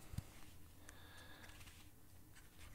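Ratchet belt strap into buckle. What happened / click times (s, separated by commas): The buckle's ratchet claw clicked onto the strap's track / 0.2 s, 0.9 s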